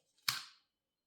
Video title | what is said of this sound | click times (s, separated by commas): Full Steel Scalpel Design Being Planned. | it just clicks right in like that very streamlined | 0.3 s